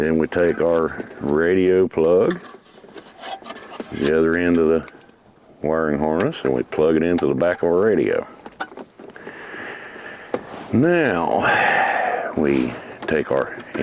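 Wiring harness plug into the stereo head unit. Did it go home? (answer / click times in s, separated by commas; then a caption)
yes / 8.6 s. While installing an aftermarket stereo in a 1999 to 2004 Jeep Grand Cherokee, someone talks and plugs the radio end of the wiring harness into the connector on the back of the stereo head unit. Soft handling noises lead to a sharp, short click at 8.6 s as the harness plug seats.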